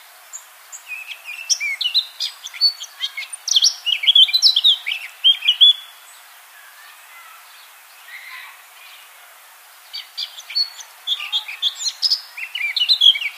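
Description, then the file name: Eurasian blackcap singing two bursts of rich, fast warbling with scratchy and whistled notes, separated by a quiet gap of about four seconds. "Sylvia atricapilla"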